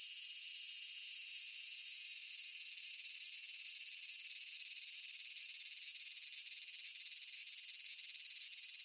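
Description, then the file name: Large brown cicada singing a steady, harsh sizzling buzz with fast rough pulsation, unbroken throughout. "aburazemi cry"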